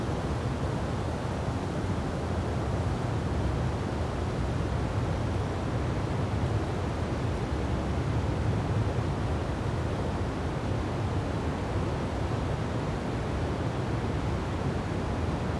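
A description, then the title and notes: A breezy day: a steady, dense rush of wind that holds an even level for the whole stretch. The sound is weighted toward a deep, rumbling low end with a softer hiss above, and no distinct gusts or other sounds break through. Gentle Breezy Day.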